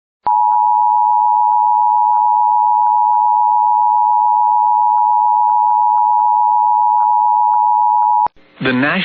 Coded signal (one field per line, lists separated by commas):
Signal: Emergency Alert System (SAME) tones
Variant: 853 and 960 Hz attention tone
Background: speech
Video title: [EAS] Severe Thunderstorm Watch 549 for East of Bemidji (7/27/25)